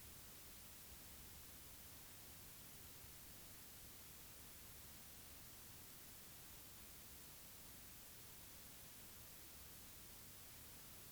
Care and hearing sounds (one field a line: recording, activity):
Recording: daily activity, guitar pickup as the sensor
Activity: stand